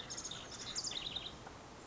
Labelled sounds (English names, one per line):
House Wren